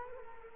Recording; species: mosquito wingbeat signal from an infrared sensor; Culex quinquefasciatus